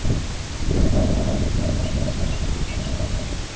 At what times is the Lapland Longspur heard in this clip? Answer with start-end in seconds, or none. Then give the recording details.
1.71-2.99. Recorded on Arctic tundra, site IGLO-B, on 22 June 2018. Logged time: 21:59